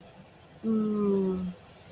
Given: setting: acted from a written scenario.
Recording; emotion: vocal sound without words; desire